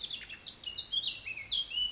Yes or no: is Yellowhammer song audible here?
no